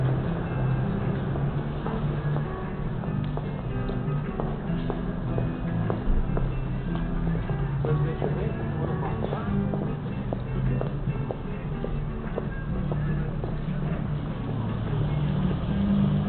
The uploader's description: Hip music attempts to attract would-be customers, some with high heels, to enjoy a warm meal beneath the punctuating thunder of rails.